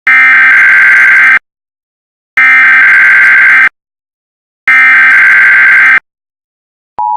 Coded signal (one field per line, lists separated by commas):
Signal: Emergency Alert System (SAME) tones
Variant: header bursts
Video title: EAS Met Office Red Warning Of Snow (01/03/2018) South West Red Warning (EAS #8)